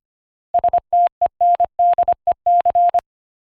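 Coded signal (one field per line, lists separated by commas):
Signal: Morse code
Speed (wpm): 25 wpm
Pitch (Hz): 700 Hz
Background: none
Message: STENDEC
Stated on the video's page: Undecipherable Morse code transmission sent and carefully repeated by an aircraft moments before it crashed into the Andes mountains.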